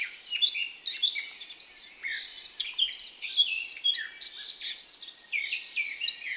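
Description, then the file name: Eurasian blackcap warble: lively sequence of short twittering notes and clear whistles, delivered steadily with small gaps. "Sylvia atricapilla"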